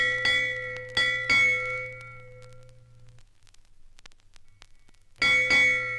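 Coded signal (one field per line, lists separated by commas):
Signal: ship's bell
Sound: three ringing bell strikes, a pause, then another strike as the clip ends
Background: record surface noise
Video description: 1. Ship's Bell - 1 to 8 Bells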